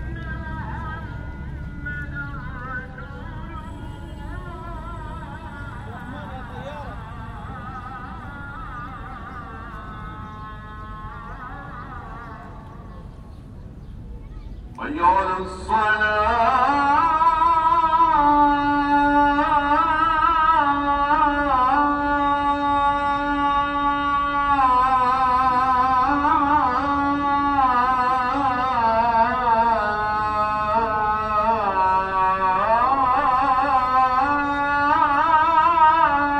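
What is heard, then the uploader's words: A call to prayer (ezan) at Sultanahmet Square in Istanbul. For the first fifteen seconds a faint chanting voice wavers over a low steady rumble, then a much louder sung voice takes over, holding long ornamented notes that bend and waver until the end. Call to Prayer(ezan) at Sultanahmet Square in Istanbul. This recording was made using a binaural audio setup. Call to Prayer at this location in Istanbul is unique due to the fact that ezan can be heard coming from three different minarets in the area.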